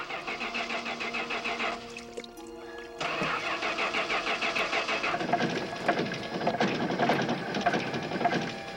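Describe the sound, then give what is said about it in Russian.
A DeLorean car engine cranks and catches, then runs rough and uneven as the car shakes noticeably and fills with smoke, its loud rattling churn pulsing and sputtering without settling into a smooth idle. “Машина заметно трясется. Прибавь газу!”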